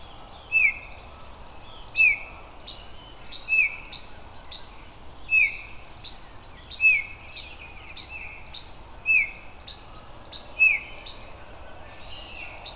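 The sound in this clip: Oriole calls: a short sharp note repeated about every one and a half seconds.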